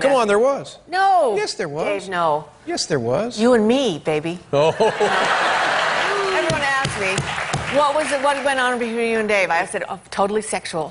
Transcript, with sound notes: come on, there was.
No.
Yes, there was.
Dave, no.
Yes, there was.
You and me, baby.
Oh.
(LAUGHTER)
Everyone asked me, what was it - what went on between you and Dave? I said, oh, totally sexual.